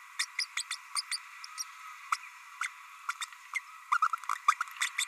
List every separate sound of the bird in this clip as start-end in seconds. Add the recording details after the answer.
0.19-0.25, 0.38-0.46, 0.57-0.62, 0.70-0.76, 0.96-1.01, 1.11-1.17, 1.57-1.63, 2.12-2.17, 2.61-2.68, 3.21-3.25, 3.54-3.60, 3.91-3.98, 4.02-4.08, 4.12-4.15, 4.48-4.55, 4.60-4.63, 4.98-5.05. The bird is a male. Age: 30 days. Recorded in a nest box in Venezuela. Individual 17B32A6